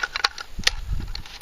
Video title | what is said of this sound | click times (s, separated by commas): Overnight, a squirrel dinner and a live bird trap | have to do is grab the barrel here snap | 0.7 s